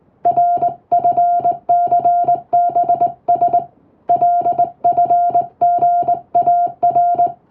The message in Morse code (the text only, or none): RFCBS LFGAR